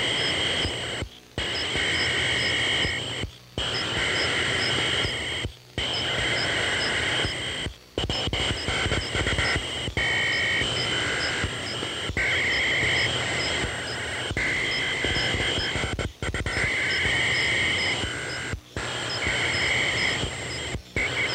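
Electronic crickets buzz in a dense, steady chorus with bright pulsing chirps, cut by brief silent gaps about every two seconds.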